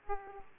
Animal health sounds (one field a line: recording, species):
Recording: mosquito wingbeat signal from an infrared sensor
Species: Aedes aegypti